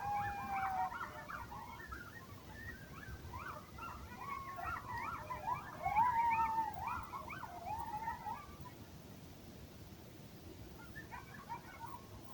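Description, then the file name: Coyotes in a howling chorus, several wavering, quavering yips and sliding howls overlapping, louder near the start and middle, then fading into faint yips over a steady background hiss. Several coyotes recorded at dawn. "freesound coyotes"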